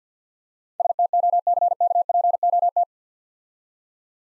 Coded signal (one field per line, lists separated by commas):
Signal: Morse code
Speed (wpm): 56 wpm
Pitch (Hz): 700 Hz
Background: none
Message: STOCKPOT